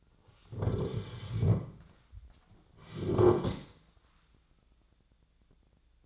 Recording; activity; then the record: daily activity, microphone in the room; sit down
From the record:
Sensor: 3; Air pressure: 1009.2 hPa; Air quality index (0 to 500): 185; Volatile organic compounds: 3 ppm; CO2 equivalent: 1492 ppm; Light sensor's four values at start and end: 42/107/48/49 and 47/119/53/54